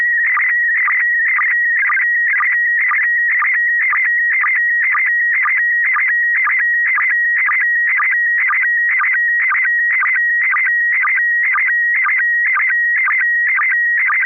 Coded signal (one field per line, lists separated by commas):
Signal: SSTV (slow-scan television)